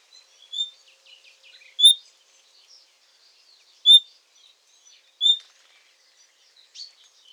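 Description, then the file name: Common nightingale singing clear, high whistled notes at uneven intervals of one to two seconds, separated by soft, scattered twittering. "Luscinia megarhynchos"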